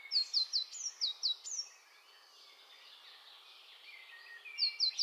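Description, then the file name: Eurasian blue tit calls: quick runs of high, thin, descending notes, several in a row, repeating near the end. "Cyanistes caeruleus"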